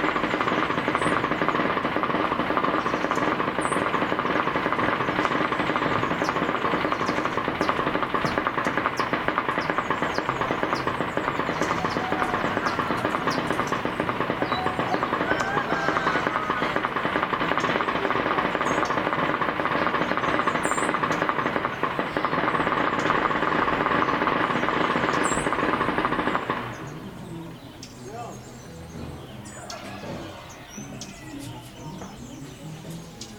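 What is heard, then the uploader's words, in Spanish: A church matraca, a wooden ratchet, clatters loudly and continuously in a dense, fast, rattling roar that holds steady for about 26 seconds. It then stops abruptly, leaving a quiet background with faint scattered sounds until the end. Paisaje Sonoro Xaam Jërëwii't, Sound Scape "Matraca" de la iglesia de Tlahuitoltepec.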